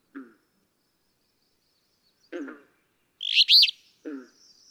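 Alder flycatcher delivers one rough, buzzy phrase, with short low nasal calls before and after it.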